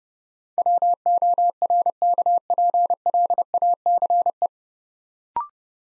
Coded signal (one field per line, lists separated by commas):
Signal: Morse code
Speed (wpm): 30 wpm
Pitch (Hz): 700 Hz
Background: none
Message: WORKPLACE